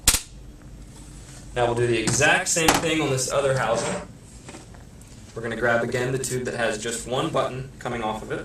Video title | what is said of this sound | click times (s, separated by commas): How to assemble a Graco Lovin' Hug® Infant Swing | can help by pressing the button a little bit pushing the two minutes so you hear a click | 0.1 s